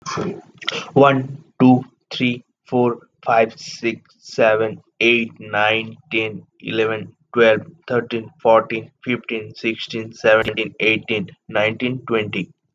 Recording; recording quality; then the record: counting at a normal pace; excellent, no background noise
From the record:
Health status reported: healthy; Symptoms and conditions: asthma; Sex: male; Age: 21 years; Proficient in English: yes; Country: India